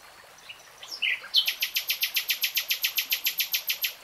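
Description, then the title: Nightingale song: a few soft notes, then a long series of loud, evenly spaced pulses. Nightingale singing, recorded in real time. "[Tiếng chim hót] 3 Hours REALTIME Nightingale Singing"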